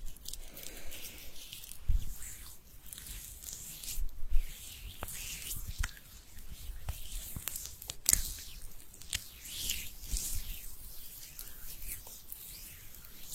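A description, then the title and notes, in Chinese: Hands rub together in a continuous, airy swishing, with rough friction strokes swelling and fading every second or so. Sharp taps and clicks break through now and then, with the loudest near two, four and eight seconds. 搓手手。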